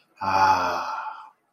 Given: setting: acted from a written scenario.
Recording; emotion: vocal sound without words; ecstasy